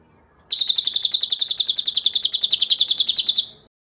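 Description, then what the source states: Bird song: a single long, fast trill of sharp high notes at an even pace, ending with a brief fading tail. Masteran recording, a tutor track played to teach songbirds.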